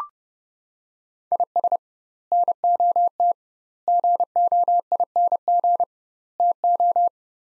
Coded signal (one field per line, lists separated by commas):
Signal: Morse code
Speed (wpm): 30 wpm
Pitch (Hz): 700 Hz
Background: none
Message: IS NOT GOING TO